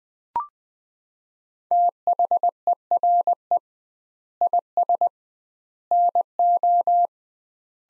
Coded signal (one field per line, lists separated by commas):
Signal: Morse code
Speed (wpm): 20 wpm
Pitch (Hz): 700 Hz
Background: none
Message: THERE IS NO